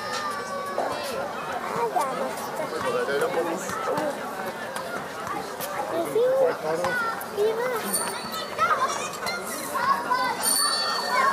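A summer evening in Berlin, filled with a dense, steady murmur of many voices talking over one another, with children's shouts rising now and then. Brief bright ringing sounds, like a bicycle bell, cut through around the eighth and eleventh seconds.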